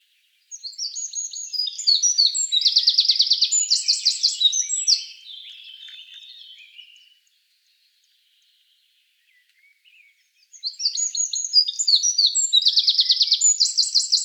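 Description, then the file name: Eurasian wren delivering two loud songs about ten seconds apart, each a rush of high, sharp notes and rapid rattling trills. "Troglodytes troglodytes"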